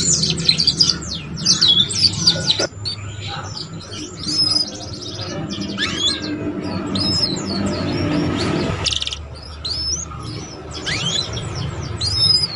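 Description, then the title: Canary song of varied twitters and thin upslurred whistles in short phrases. Song used to warm up Belgian canaries and to lure young canaries into singing and chattering quickly. "Canto Para Esquentar Canário Belga. SUARA KENARI PAUD CUIT CUIT BELAJAR BUNYI - pancingan kenari paud muda agar cepat bunyi dan ngeriwik"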